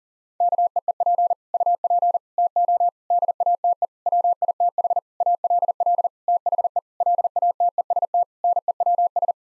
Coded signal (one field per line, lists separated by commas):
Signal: Morse code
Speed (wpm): 40 wpm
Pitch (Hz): 700 Hz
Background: none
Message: KEEP UP TO DATE WITH ALL THE LATEST NEWS